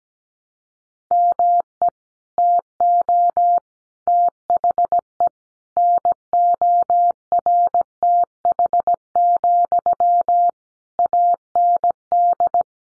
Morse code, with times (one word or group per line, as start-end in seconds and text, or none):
1.1-1.9 ME
2.4-3.6 TO
4.1-5.3 THE
5.8-10.5 NORTH,
11.0-12.6 AND